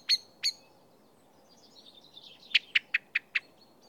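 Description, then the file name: Common blackbird calling: two sharp high notes, a soft thin twitter, then five hard metallic chinks evenly spaced about a fifth of a second apart. "Turdus merula"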